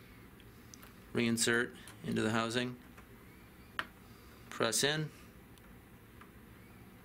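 After a fuse change, the plastic fuse holder housing is handled at the current input terminal of a digital multimeter, to be pressed in and turned to lock it in place. Someone talks in short bursts over a low steady hiss, with one brief sharp tap near 3.8 s and a few faint ticks. The clip ends before the housing goes home, and nothing has seated or locked yet.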